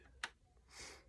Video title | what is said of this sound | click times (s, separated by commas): BRICKMANIA F 35B review | see these do lock into place | 0.2 s